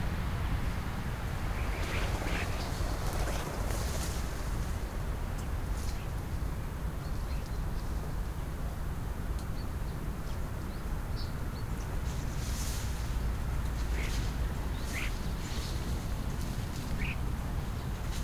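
A flock of starlings takes off in the morning over a steady, dense low rush that never lets up. Short bright chirps and whistles pop out sporadically, with bursts of sharp hissing flutter around the third and thirteenth seconds and again near the end.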